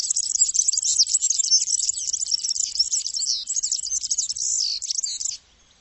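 Bird giving a continuous fast, high twitter of varied chirps and slurred notes for over five seconds, then stopping abruptly.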